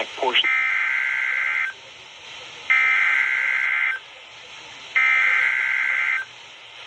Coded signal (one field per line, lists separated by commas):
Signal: Emergency Alert System (SAME) tones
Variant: header bursts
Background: speech